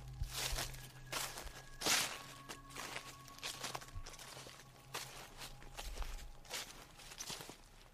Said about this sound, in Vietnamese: Bà vừa tụt quần ngồi xuống, còn chưa kịp cả xè xè, thì phía đằng sau có tiếng sột soạt.